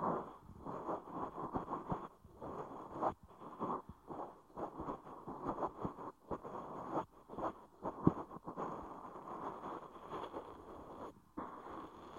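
Ear cleaning: dense, muffled scratching and rubbing that fills the clip, mostly low-middle and dull. It breaks off briefly a few times, near 2, 3, 6, 7 and 11 seconds, and one sharp tap stands out around 8 seconds.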